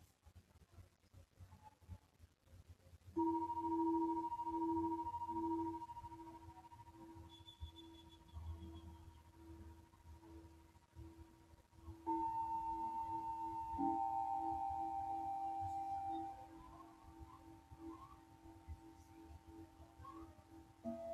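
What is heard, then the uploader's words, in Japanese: Singing bowls ring out in sustained, pure tones, with a strike just after three seconds and another near twelve seconds, each note swelling and holding with a gentle pulsing waver. A faint low rumble sits underneath, and a brief higher tone appears around seven seconds. メキシコから シンギングボウルのサウンドヒーリング。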